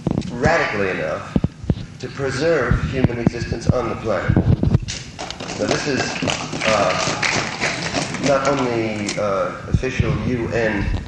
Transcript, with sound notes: radically enough to preserve human existence on the planet. [applause] So this is not only the official U.N.